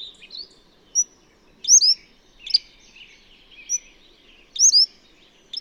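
Bird song in quick high chirps and swooping whistled notes, bursts roughly every second, over low background noise.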